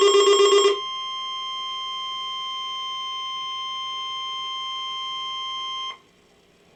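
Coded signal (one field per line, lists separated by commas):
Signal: Emergency Alert System (SAME) tones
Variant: 1050 Hz attention tone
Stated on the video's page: Required weekly test received on an Alert Works EAR-10 weather radio, recorded by camcorder; audio clips heavily.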